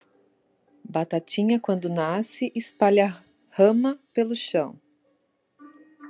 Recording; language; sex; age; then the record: short text; Brazilian Portuguese; female; 30 to 39 years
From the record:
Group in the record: control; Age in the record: 35 years